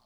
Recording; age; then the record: pig call; piglet (1 to 25 days)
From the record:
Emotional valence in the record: positive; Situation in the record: short reunion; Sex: male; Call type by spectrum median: low-frequency call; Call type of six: low-frequency tonal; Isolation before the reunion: 3 minutes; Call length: 0.06 s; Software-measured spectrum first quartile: 586 Hz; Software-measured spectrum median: 1544 Hz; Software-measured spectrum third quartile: 5081 Hz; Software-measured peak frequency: 700 Hz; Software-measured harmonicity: 1.9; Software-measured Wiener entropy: -1.81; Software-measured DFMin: 1044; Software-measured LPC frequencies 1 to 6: 746, 1100, 2190, 3232, 4375, 5908 Hz